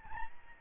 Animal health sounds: mosquito wingbeat signal from an infrared sensor; Aedes albopictus

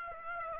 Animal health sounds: mosquito wingbeat signal from an infrared sensor; Aedes aegypti

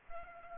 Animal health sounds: mosquito wingbeat signal from an infrared sensor; Aedes aegypti

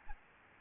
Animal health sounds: mosquito wingbeat signal from an infrared sensor; Aedes albopictus

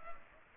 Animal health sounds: mosquito wingbeat signal from an infrared sensor; Culex pipiens

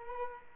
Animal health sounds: mosquito wingbeat signal from an infrared sensor; Culex quinquefasciatus

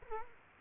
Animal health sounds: mosquito wingbeat signal from an infrared sensor; Culex quinquefasciatus

